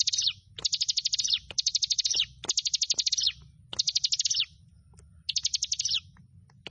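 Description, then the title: Bar-winged prinia singing rapid, high-pitched stuttering phrases of evenly spaced notes, each about three-quarters of a second, separated by brief pauses and a few sharp clicks. "Ciblek Sawah"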